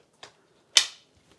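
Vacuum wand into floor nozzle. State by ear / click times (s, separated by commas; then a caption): seated / 0.8 s. During assembly of a Shark IZ251UK cordless vacuum cleaner, the metal wand is pushed into the floor nozzle and clicks into place with one sharp, loud click at 0.8 s. A softer tap comes at 0.2 s and a faint tick near 1.3 s, and the wand is seated.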